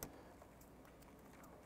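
A gray plastic connector position lock tab on an electrical connector, during an A/C condenser and receiver drier assembly replacement on a 2006-2013 Chevrolet Impala, is pressed down to secure it. A single sharp click sounds at 0.0 s, followed by low, steady background noise. The lock tab is seated and locked down.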